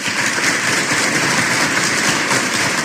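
crowd, applause

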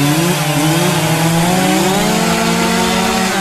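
tool, chainsaw running

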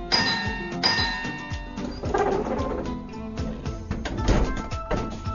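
household object, doorbell ringing

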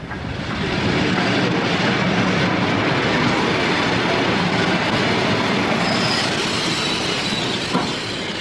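vehicle, train travelling on rails

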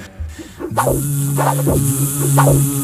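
sound effect, mosquito buzzing sound effect

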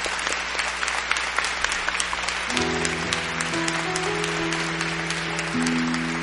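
crowd, audience applauding

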